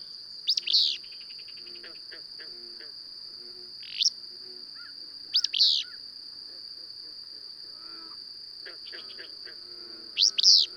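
Bird giving loud sweeping chirps, single and doubled, spaced a few seconds apart, with quieter twittering and a constant high-pitched drone behind.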